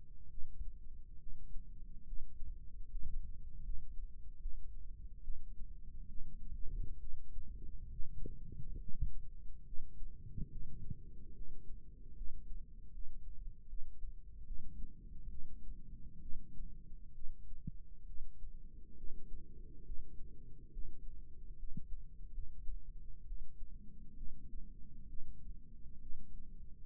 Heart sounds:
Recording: heart sounds by microphone in the left ear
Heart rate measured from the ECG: 70 bpm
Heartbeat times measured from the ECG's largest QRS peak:
0.29 s: heartbeat
1.18 s: heartbeat
2.05 s: heartbeat
2.89 s: heartbeat
3.63 s: heartbeat
4.39 s: heartbeat
5.22 s: heartbeat
6.08 s: heartbeat
6.99 s: heartbeat
7.90 s: heartbeat
8.78 s: heartbeat
9.64 s: heartbeat
10.49 s: heartbeat
11.33 s: heartbeat
12.15 s: heartbeat
12.91 s: heartbeat
13.67 s: heartbeat
14.45 s: heartbeat
15.29 s: heartbeat
16.20 s: heartbeat
17.13 s: heartbeat
18.05 s: heartbeat
18.95 s: heartbeat
19.83 s: heartbeat
20.70 s: heartbeat
21.57 s: heartbeat
22.32 s: heartbeat
23.25 s: heartbeat
24.15 s: heartbeat
25.07 s: heartbeat
25.99 s: heartbeat
From the record:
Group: healthy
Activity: rest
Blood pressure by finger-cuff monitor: 136/70 mmHg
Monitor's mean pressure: 90 mmHg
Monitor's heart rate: 69 bpm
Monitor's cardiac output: 6.1 L/min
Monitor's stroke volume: 86 mL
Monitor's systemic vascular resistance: 1070 dyn s/cm5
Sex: female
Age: 37 years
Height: 168 cm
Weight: 70 kg

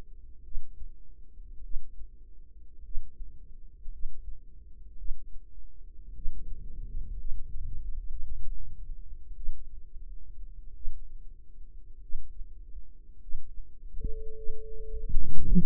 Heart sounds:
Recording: heart sounds by microphone in the right ear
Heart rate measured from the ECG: 52 bpm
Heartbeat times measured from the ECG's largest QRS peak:
0.43 s: heartbeat
1.62 s: heartbeat
2.83 s: heartbeat
3.90 s: heartbeat
4.97 s: heartbeat
6.13 s: heartbeat
7.16 s: heartbeat
8.07 s: heartbeat
9.35 s: heartbeat
10.74 s: heartbeat
12.00 s: heartbeat
13.19 s: heartbeat
14.32 s: heartbeat
15.36 s: heartbeat
From the record:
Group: healthy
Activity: rest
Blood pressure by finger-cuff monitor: 94/59 mmHg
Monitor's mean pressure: 69 mmHg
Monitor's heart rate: 51 bpm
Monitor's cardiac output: 4.3 L/min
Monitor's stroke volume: 81 mL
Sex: female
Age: 36 years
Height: 163 cm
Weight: 88 kg

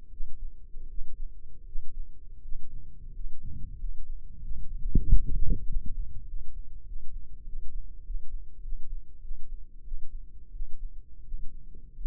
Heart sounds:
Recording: heart sounds by microphone in the left ear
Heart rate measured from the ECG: 91 bpm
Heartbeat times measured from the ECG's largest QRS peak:
0.08 s: heartbeat
0.86 s: heartbeat
1.63 s: heartbeat
2.39 s: heartbeat
3.10 s: heartbeat
3.75 s: heartbeat
4.38 s: heartbeat
5.02 s: heartbeat
5.64 s: heartbeat
6.24 s: heartbeat
6.83 s: heartbeat
7.43 s: heartbeat
8.02 s: heartbeat
8.60 s: heartbeat
9.19 s: heartbeat
9.82 s: heartbeat
10.50 s: heartbeat
11.22 s: heartbeat
11.92 s: heartbeat
From the record:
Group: healthy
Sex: male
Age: 21 years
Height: 180 cm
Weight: 67.5 kg

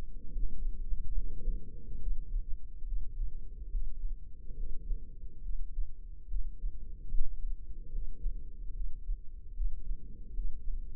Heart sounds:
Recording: heart sounds by microphone in the left ear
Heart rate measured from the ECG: 72 bpm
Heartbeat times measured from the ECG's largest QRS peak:
0.30 s: heartbeat
1.12 s: heartbeat
1.98 s: heartbeat
2.83 s: heartbeat
3.69 s: heartbeat
4.54 s: heartbeat
5.41 s: heartbeat
6.26 s: heartbeat
7.09 s: heartbeat
7.89 s: heartbeat
8.71 s: heartbeat
9.52 s: heartbeat
10.32 s: heartbeat
From the record:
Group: healthy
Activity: rest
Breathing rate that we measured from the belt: 18 breaths a minute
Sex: female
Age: 32 years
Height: 172 cm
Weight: 71.7 kg

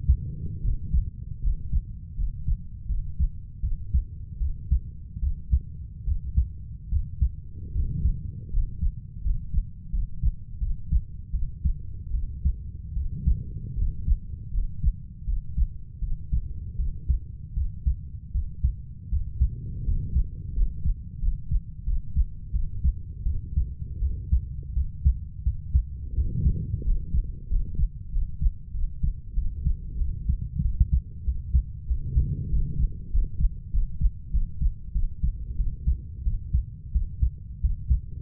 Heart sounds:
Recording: heart sounds by stethoscope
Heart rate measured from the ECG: 84 bpm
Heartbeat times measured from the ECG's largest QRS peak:
0.61 s: heartbeat
1.41 s: heartbeat
2.15 s: heartbeat
2.87 s: heartbeat
3.61 s: heartbeat
4.38 s: heartbeat
5.20 s: heartbeat
6.05 s: heartbeat
6.89 s: heartbeat
7.72 s: heartbeat
8.50 s: heartbeat
9.22 s: heartbeat
9.90 s: heartbeat
10.59 s: heartbeat
11.31 s: heartbeat
12.12 s: heartbeat
12.94 s: heartbeat
13.75 s: heartbeat
14.51 s: heartbeat
15.25 s: heartbeat
15.99 s: heartbeat
16.76 s: heartbeat
17.54 s: heartbeat
18.32 s: heartbeat
19.09 s: heartbeat
19.84 s: heartbeat
20.54 s: heartbeat
21.20 s: heartbeat
21.84 s: heartbeat
22.51 s: heartbeat
23.23 s: heartbeat
23.99 s: heartbeat
24.73 s: heartbeat
25.43 s: heartbeat
26.14 s: heartbeat
26.83 s: heartbeat
27.48 s: heartbeat
28.10 s: heartbeat
28.72 s: heartbeat
29.34 s: heartbeat
29.97 s: heartbeat
30.61 s: heartbeat
31.24 s: heartbeat
31.86 s: heartbeat
32.49 s: heartbeat
33.10 s: heartbeat
33.71 s: heartbeat
34.31 s: heartbeat
34.92 s: heartbeat
35.56 s: heartbeat
36.23 s: heartbeat
36.92 s: heartbeat
37.60 s: heartbeat
From the record:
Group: healthy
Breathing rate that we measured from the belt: 10 breaths a minute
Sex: female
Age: 32 years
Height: 168 cm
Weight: 61.9 kg

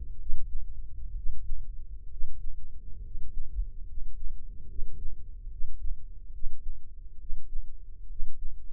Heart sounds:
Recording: heart sounds by microphone in the left ear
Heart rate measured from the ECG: 69 bpm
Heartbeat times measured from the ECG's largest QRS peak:
0.19 s: heartbeat
1.14 s: heartbeat
2.09 s: heartbeat
3.02 s: heartbeat
3.86 s: heartbeat
4.67 s: heartbeat
5.49 s: heartbeat
6.31 s: heartbeat
7.17 s: heartbeat
8.07 s: heartbeat
From the record:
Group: healthy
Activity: rest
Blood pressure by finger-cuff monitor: 107/72 mmHg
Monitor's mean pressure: 81 mmHg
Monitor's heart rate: 73 bpm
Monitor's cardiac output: 5.4 L/min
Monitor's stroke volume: 74 mL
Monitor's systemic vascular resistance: 1090 dyn s/cm5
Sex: male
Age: 21 years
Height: 170 cm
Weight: 71 kg

